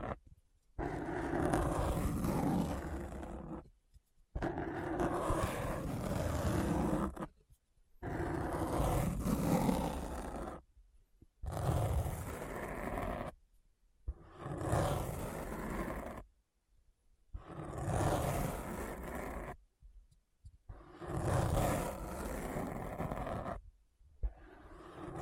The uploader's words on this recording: ASMR Deep Brain Scratch (No Talking).